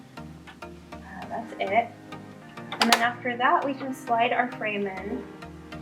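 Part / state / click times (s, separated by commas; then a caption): embroidery hoop frame into embroidery machine carriage / not seated / none. An embroidery hoop frame is being handled at an embroidery machine, about to be slid into the machine's carriage arm, while someone talks over music playing underneath. Faint taps come at about 0.2, 0.6, 0.9 and 5.7 seconds, but the frame has not gone in and nothing has clicked or seated yet.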